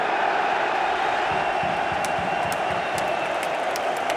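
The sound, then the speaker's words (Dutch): Czech football fans cheer at the end of a match in a steady, dense roar, with scattered claps and whistles rising above the continuous wash of noise. “Het zijn de Tsjechen die juichen.”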